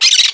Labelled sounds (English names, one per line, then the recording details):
Brown-throated Parakeet contact call
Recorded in Margarita
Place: San Francisco, near stadium
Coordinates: 11.018, -64.294